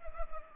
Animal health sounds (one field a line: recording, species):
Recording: mosquito wingbeat signal from an infrared sensor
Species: Culex pipiens